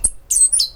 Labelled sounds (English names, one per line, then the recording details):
Stitchbird song
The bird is a male
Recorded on Tiritiri Matangi Island, New Zealand, in 2005
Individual 18, of nest box 26